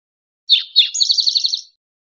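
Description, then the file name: Spotted towhee song: a single phrase of two harsh opening notes followed by a rapid, even trill lasting under a second, with no other sounds. "CR SPTO"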